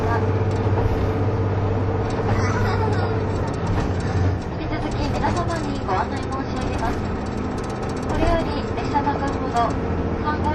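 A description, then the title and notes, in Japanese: Running sound aboard the KiHa 71 Yufuin no Mori train: a steady low rumble throughout, with voices talking over it and occasional light clinks. キハ71系 ゆふいんの森03号02 日田～由布院。走行音(音の旅)。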